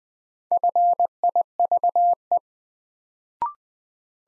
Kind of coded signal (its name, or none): Morse code